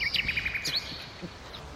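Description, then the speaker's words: Common Nightingale song: a rapid series of clear repeated notes, then a higher sweeping phrase. Garden nightingale in Bornim, 10 May 2001, sunny day over 25°C with cool wind; sings just as well all day, jokingly nicknamed 'Tachtigall' (day-tingale); delights visitors. "Außerdem haben wir hier eine Nachtigall, die kann man ruhig eine Tachtigall nennen, denn sie singt auch genauso gut am ganzen Tag"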